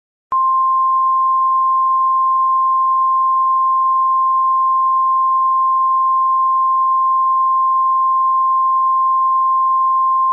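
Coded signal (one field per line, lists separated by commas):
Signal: Emergency Alert System (SAME) tones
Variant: 1050 Hz attention tone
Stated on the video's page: Mock (simulated) tsunami emergency alert.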